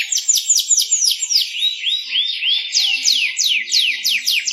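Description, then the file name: Canary song: varied high whistled sweeps, some falling steeply, others arched and rising, delivered in quick succession with little pause between phrases. "kenari kenzo"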